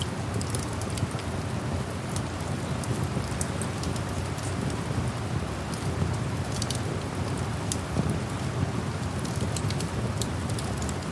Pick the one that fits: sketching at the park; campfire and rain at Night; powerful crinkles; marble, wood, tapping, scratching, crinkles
campfire and rain at Night